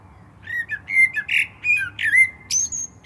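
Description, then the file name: Common blackbird delivering a string of rich, warbled whistles, some sliding downward, ending in a sharp high squeak. "Turdus merula"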